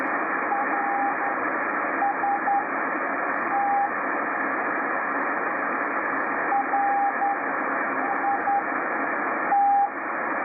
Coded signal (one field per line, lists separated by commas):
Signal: Morse code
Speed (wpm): 10 wpm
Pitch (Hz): 800 Hz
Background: radio noise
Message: RST RIT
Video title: Mysterious signal received on Icom IC R8500 CW beacon sending R S T letters 5198 kHz CW